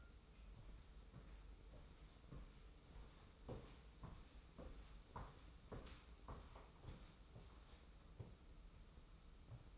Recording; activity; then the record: daily activity, microphone in the room; walk to room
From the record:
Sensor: 1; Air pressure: 994.4 hPa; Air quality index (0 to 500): 220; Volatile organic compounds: 1000 ppm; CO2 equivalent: 7876 ppm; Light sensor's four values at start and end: 63/142/63/66 and 61/136/61/64